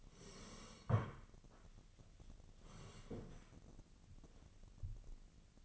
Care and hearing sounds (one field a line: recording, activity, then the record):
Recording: daily activity, microphone in the room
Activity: sit down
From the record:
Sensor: 4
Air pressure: 1013.1 hPa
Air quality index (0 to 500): 173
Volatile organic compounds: 2 ppm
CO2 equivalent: 1093 ppm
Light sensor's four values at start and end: 53/130/55/58 and 53/130/55/59